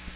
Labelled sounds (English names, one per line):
Magnolia Warbler flight call